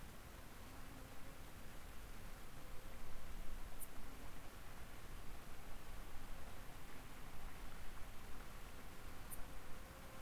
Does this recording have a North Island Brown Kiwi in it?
no